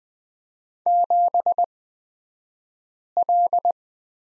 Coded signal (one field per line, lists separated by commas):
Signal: Morse code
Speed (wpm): 20 wpm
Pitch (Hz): 700 Hz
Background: none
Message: 7L